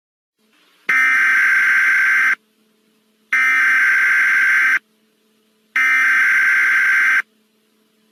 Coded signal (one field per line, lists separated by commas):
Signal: Emergency Alert System (SAME) tones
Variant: header bursts